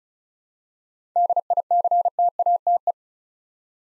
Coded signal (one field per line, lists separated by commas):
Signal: Morse code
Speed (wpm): 36 wpm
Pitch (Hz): 700 Hz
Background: none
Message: DICTATE